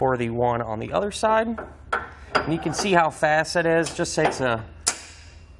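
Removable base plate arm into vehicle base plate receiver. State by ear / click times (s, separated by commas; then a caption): seated / 4.9 s. On a Blue Ox base plate kit on a 2014 Buick Enclave, a removable steel tow bar base plate arm is slid into its receiver on the second side and rotated a quarter turn until the spring pin catches. Someone talks, then one sharp metallic click sounds at 4.9 s as the arm locks in and is seated.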